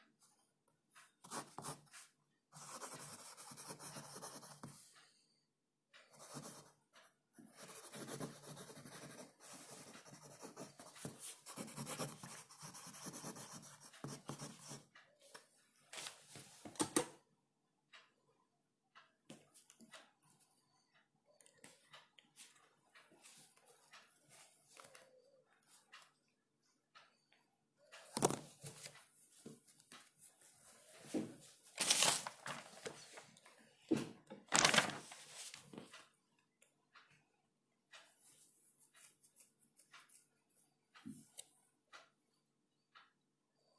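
Scratchy bursts of writing, rubbing and page flipping fill the first seventeen seconds, go quiet, then return around twenty-eight with sharp crisp flips.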